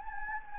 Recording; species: mosquito wingbeat signal from an infrared sensor; Anopheles gambiae